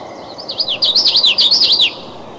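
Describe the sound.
Common yellowthroat song, a rapid series of several repeated wavy, rolling phrases, loud and clear over a soft background hiss.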